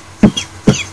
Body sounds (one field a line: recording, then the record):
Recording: coughing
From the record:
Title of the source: Dry Coughing Fit in the Afternoon.